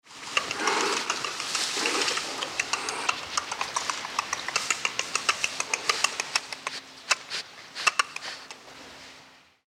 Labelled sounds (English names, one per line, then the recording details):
Agile Wallaby
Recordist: Tembrock, Günter
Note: Laute und Zahngeräusch